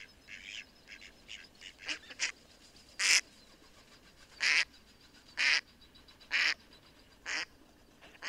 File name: mallard duck sound